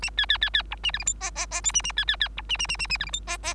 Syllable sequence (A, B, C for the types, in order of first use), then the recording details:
A B B B B C A D E F G G G H A A B B B C A A A A A D E F G G. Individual Bird3